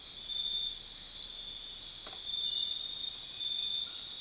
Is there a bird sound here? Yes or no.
no